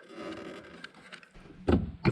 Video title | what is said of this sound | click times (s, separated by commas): GMC Canyon Chevrolet Colorado Anzo Bumper Step Lites Install | the two clips snapped in place the t20 | 0.8 s, 2.1 s